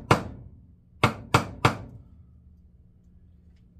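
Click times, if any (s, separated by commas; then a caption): none. A bearing or bushing is tapped into the housing of a D.A.M Quick 550 fishing reel, being cleaned and lubed, with a hammer-like tool. Four loud, sharp knocks ring out at 0.1, 1.0, 1.4 and 1.7 seconds, each decaying quickly into quiet. The part has not seated yet.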